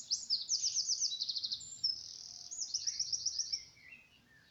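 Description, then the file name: Eurasian wren song in full flow, rapid shrill trills and ticking rattles for about three and a half seconds. "Troglodytes troglodytes"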